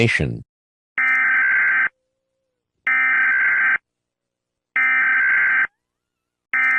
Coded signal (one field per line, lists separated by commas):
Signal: Emergency Alert System (SAME) tones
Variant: header bursts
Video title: What if California becomes its own nation EAS alarm